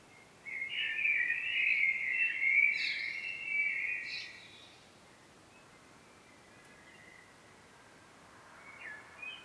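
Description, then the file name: Common blackbird delivering one long mellow warbled phrase, broken by brief high squeaky notes, followed by near silence and a faint note at the end. "Turdus merula"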